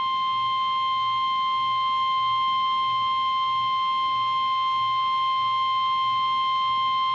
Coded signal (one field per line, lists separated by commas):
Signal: Emergency Alert System (SAME) tones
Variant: 1050 Hz attention tone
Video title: NOAA Weather Radio Special Marine Warning (EAS #5)